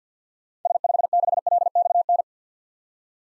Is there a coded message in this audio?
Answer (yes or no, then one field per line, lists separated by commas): yes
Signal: Morse code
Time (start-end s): 0.7-2.2 s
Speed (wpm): 50 wpm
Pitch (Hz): 700 Hz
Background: none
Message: S56LXN